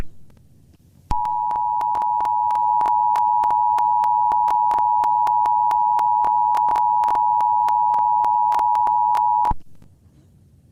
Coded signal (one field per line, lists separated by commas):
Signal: Emergency Alert System (SAME) tones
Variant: 853 and 960 Hz attention tone